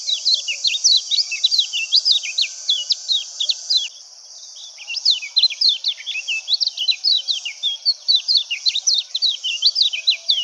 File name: suara pleci laut omkicau